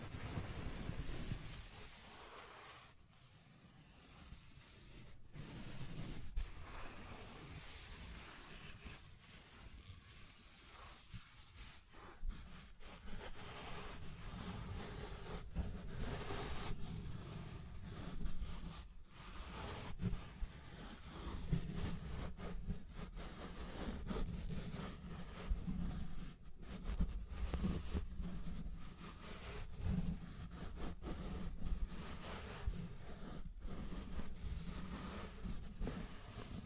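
Scratching and tracing sounds run continuously, a rough rubbing texture with a strong low rumble underneath. Short strokes and brief scrapes come at irregular intervals, with a few sharp breaks and quieter gaps near the start, then a denser, steadier stretch after about fifteen seconds.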